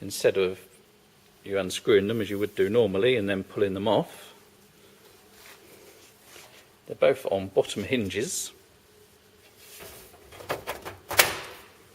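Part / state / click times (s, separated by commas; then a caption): hinged side panel into PC case frame / seated / 11.2 s. Someone talks about the side panels of an X-Case Archer PC case, which sit on bottom hinges instead of being unscrewed and pulled off. A hinged side panel is swung up from its bottom hinges into the case frame, with soft rubbing before a sharp click at 11.2 s as the panel latches shut and seats in place.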